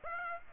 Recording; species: mosquito wingbeat signal from an infrared sensor; Aedes aegypti